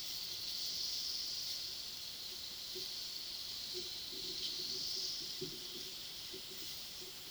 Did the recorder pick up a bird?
no